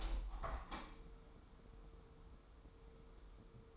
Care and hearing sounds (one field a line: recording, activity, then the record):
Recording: daily activity, microphone in the room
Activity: open window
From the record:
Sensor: 1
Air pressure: 999.9 hPa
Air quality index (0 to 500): 237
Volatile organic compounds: 108 ppm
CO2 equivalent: 3805 ppm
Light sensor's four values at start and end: 10/25/10/11 and 11/27/11/12